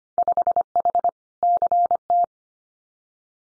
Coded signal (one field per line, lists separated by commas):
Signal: Morse code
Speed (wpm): 25 wpm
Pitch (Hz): 700 Hz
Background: none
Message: 5H CT